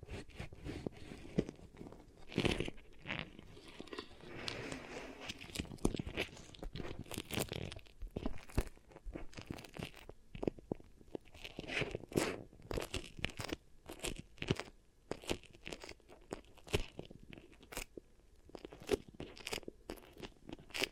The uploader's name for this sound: Really Nice Beeswax Ear Triggers